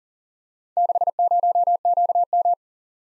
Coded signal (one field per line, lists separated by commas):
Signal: Morse code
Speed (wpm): 41 wpm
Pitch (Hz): 700 Hz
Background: none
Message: 60QM